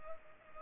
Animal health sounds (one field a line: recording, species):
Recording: mosquito wingbeat signal from an infrared sensor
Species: Culex pipiens